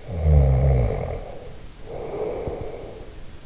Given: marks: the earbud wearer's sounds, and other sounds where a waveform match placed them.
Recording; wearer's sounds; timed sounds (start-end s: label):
sounds in sleep by an in-ear microphone; snoring breath
0.00-3.22 s: snoring breath